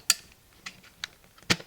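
A rechargeable battery pack is handled at the battery mount on the back of a Neewer CN-160 portable LED video light, producing a few sharp plastic taps and clicks near 0.1, 0.7, 1.0 and 1.5 seconds. Nothing has seated or clicked into place yet; the plastic latch has not engaged by the end.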